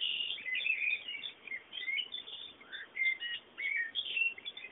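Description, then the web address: Birds twittering almost continuously, dense high chirps and a few short whistled notes. Background bird sounds. "bullas Bullasdata sounds fondo pajaros"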